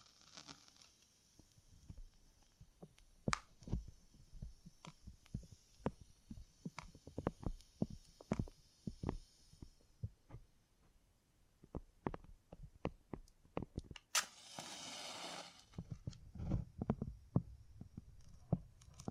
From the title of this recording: Brain Tingly Sounds Using Beeswax